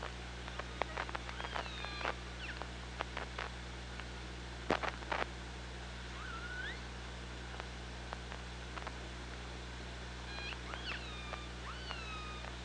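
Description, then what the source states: Killer whale underwater calls: a curved rising call mid-way and a cluster of bending harmonic calls near the end, with many sharp clicks and a constant low drone. Recorded on the OrcaLab hydrophone, 24 August 2017 at 15:47.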